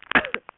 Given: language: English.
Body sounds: throat vibration sensor signal played as sound; cough

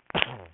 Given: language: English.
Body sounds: throat vibration sensor signal played as sound; cough

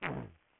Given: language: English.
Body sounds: throat vibration sensor signal played as sound; throat clearing

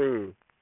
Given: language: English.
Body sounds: throat vibration sensor signal played as sound; speech

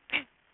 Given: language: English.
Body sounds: throat vibration sensor signal played as sound; cough

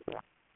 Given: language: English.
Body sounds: throat vibration sensor signal played as sound; swallow

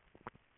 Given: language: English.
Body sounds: throat vibration sensor signal played as sound; swallow

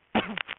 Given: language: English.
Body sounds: throat vibration sensor signal played as sound; cough

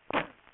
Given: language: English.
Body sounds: throat vibration sensor signal played as sound; cough

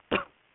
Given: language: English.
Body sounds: throat vibration sensor signal played as sound; cough

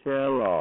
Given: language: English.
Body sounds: throat vibration sensor signal played as sound; speech

